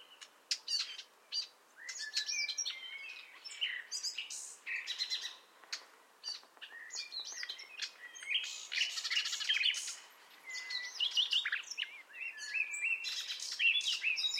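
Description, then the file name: Common nightingale: dense songbird singing of clicks, whistles and buzzy trills over steady background hiss, with several short pauses between phrases. "Luscinia megarhynchos"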